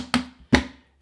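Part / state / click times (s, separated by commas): plastic hinge bolt cap onto toilet seat hinge / seated / 0.1 s, 0.6 s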